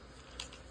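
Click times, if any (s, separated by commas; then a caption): none. A plastic arm is pressed into its slot on the body of a Transformers Age of the Primes Spinister toy from the Wreck N' Doom 2 pack, in helicopter mode. A single small, sharp tick is heard at 0.4 s against a quiet background, but the arm has not seated or clicked in, due to issues with the mold.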